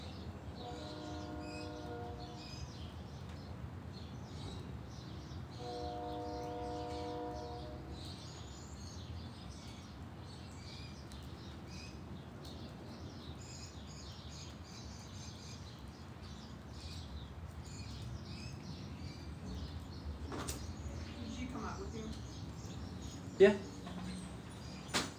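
Birds chirp steadily throughout a quiet backyard morning, their small high calls scattered densely across the whole span. Twice early on, around the first and sixth seconds, a low steady horn-like tone sounds for a couple of seconds. Near the end come a few sharp clicks and a louder knock.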